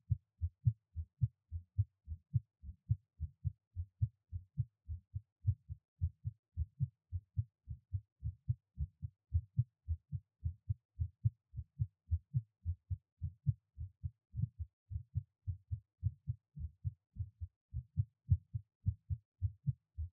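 An adult's normal heartbeat, heard up close right after a workout: brisk, steady, low-pitched beats.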